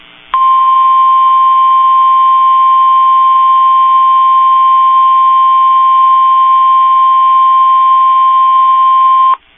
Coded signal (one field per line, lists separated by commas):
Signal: Emergency Alert System (SAME) tones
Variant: 1050 Hz attention tone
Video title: EAS #1,972 Online NOAA Weather Radio Severe T’storm Warning #10 5/20/25